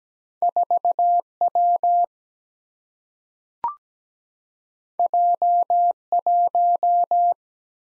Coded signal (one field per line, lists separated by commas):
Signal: Morse code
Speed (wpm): 17 wpm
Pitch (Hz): 700 Hz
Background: none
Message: 4 W J 1